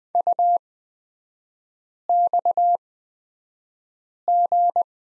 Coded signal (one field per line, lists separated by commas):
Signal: Morse code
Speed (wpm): 20 wpm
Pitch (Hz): 700 Hz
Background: none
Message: UXG